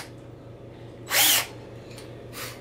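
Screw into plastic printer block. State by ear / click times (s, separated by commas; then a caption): stripped / none. A screw is driven with a power drill set to its lowest clutch setting into a plastic (likely Delrin) block on a Printrbot Metal Plus 3D printer. A loud drill whir runs from about 1.1 to 1.4 s, with a brief, fainter whir near 2.4 s. No distinct click is heard and the screw strips the plastic block.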